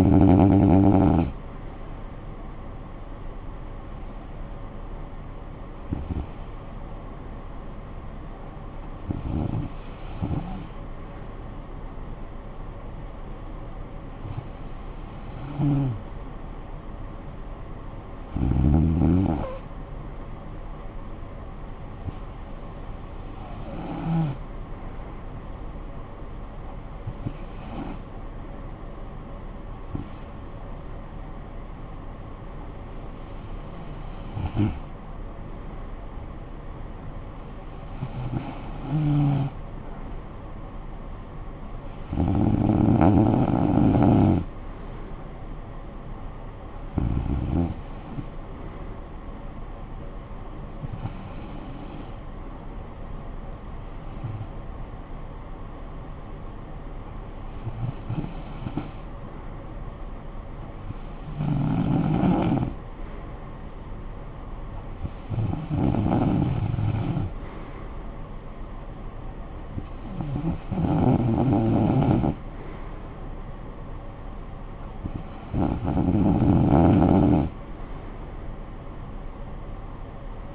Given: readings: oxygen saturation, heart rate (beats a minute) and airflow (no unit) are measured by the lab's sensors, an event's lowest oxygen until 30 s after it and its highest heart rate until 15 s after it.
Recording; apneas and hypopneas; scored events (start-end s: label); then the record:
breathing in sleep by a smartphone at the bedside; 1
7.00-28.10 s: hypopnea (REM, oxygen 96% highest, then 93% lowest, heart rate 59 at the start, 62 highest)
From the record:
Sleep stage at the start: REM sleep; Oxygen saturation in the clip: 92 to 96%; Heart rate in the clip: 57 to 64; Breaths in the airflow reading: 21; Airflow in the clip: -11.4 to 5.8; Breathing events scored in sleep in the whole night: 445 in 7.6 hours asleep